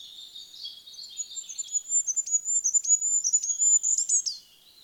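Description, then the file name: Goldcrest song: very high, thin twittering notes rising into a rapid series of sharp high pips, ending in a brief flourish. "Goudhaan"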